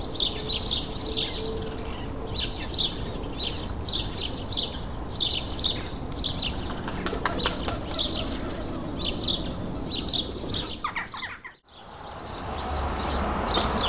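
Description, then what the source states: Sparrows chirping, a steady stream of short bright chirps from several birds, with a few sharp clicks midway, a brief dropout near the end, and low background rumble. Several sparrows in a suburban setting, May 2022.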